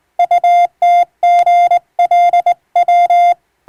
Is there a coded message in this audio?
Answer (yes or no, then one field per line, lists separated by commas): yes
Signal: Morse code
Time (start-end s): 0.2-3.3 s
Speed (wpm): 20 wpm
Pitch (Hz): 700 Hz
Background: none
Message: UTGLW